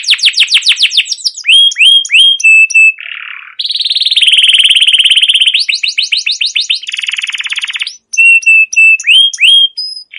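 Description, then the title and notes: Canary singing long rapid rolls and chattering trills, with sharp chirps and steady buzzy stretches linked one after another. Long continuous chirping and rolling song, used as a lure to stimulate young canaries to sing and learn sounds. "CUIT CUIT NGEROL LANGSUNG GACOR PANJANG Kenari Ini AMPUH utk Pancingan KENARI PAUD BELAJAR BUNYI. burung kenari"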